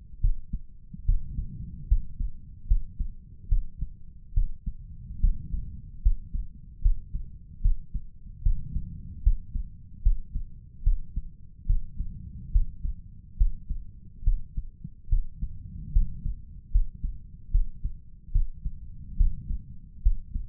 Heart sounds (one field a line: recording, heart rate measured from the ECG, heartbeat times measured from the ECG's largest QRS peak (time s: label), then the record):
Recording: heart sounds by stethoscope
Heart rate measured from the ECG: 73 bpm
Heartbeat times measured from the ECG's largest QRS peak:
0.20 s: heartbeat
1.05 s: heartbeat
1.87 s: heartbeat
2.67 s: heartbeat
3.48 s: heartbeat
4.33 s: heartbeat
5.20 s: heartbeat
6.02 s: heartbeat
6.81 s: heartbeat
7.61 s: heartbeat
8.42 s: heartbeat
9.22 s: heartbeat
10.02 s: heartbeat
10.83 s: heartbeat
11.66 s: heartbeat
12.51 s: heartbeat
13.37 s: heartbeat
14.23 s: heartbeat
15.09 s: heartbeat
15.92 s: heartbeat
16.71 s: heartbeat
17.51 s: heartbeat
18.32 s: heartbeat
19.16 s: heartbeat
20.02 s: heartbeat
From the record:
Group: healthy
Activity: rest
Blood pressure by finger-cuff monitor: 137/88 mmHg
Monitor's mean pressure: 106 mmHg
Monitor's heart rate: 74 bpm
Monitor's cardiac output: 5.6 L/min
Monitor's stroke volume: 75 mL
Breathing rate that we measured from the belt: 17 breaths a minute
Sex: male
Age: 35 years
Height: 178 cm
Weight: 64 kg